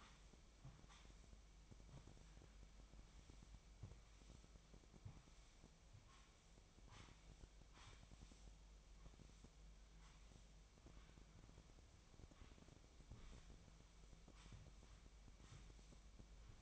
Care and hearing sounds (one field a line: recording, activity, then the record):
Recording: daily activity, microphone in the room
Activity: sweep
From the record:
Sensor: 1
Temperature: 24.7 degrees Celsius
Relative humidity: 39.7%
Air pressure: 1001.6 hPa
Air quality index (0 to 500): 220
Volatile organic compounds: 29 ppm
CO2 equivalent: 2933 ppm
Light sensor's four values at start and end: 8/30/10/12 and 8/30/10/12